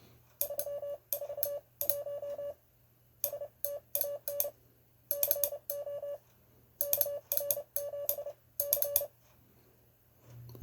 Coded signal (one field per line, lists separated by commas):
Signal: Morse code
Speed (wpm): 30 wpm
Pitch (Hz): 570 Hz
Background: none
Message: 341 STAN CO KR7C